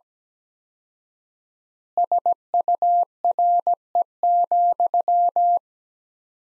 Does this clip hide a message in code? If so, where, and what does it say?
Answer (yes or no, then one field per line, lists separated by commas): yes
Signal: Morse code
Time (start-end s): 2.0-5.6 s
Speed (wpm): 17 wpm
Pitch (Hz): 700 Hz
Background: none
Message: SURE,